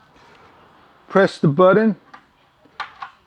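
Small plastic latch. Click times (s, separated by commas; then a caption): 2.8 s. A release button is pressed on the plastic bottom base latched onto an indoor insect trap unit (non-zapper type), and the base unlatches with a sharp click at 2.8 s. Someone talks briefly before it, and a second, softer click follows at about 3.0 s. The base releases from the trap.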